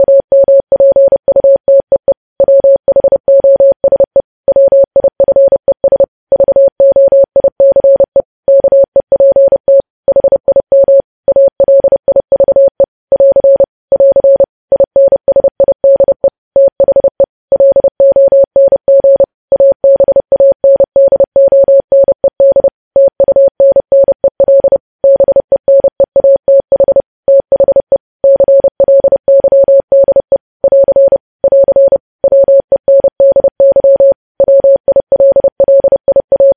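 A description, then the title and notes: Morse code beeps in a single steady mid-pitched tone, keyed on and off in rapid short and long bursts with brief silent gaps. The sending runs continuously for the whole stretch at an even, quick pace, clean with no background sound. Morse code transcription.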